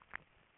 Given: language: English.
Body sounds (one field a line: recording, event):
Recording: throat vibration sensor signal played as sound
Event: swallow